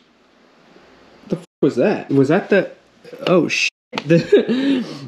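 While the mirror and hand guard mount on a Honda Navi's handlebar control housing is being tightened, the threaded mounting point cracks at 1.3 s, stripping out and popping off, possibly from over-tightening. Right after the crack, someone talks in surprise.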